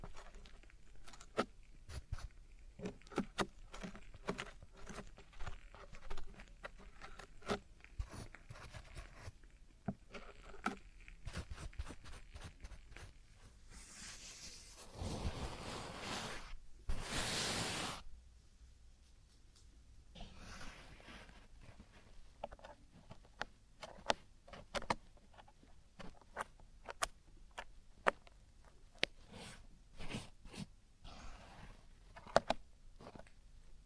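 Ear cleaning with a steady run of sharp scratching clicks and taps, broken around fifteen to eighteen seconds by two louder bursts of rushing noise.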